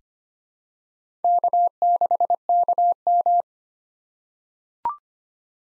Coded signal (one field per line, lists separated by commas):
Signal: Morse code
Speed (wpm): 25 wpm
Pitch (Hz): 700 Hz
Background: none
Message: K6KM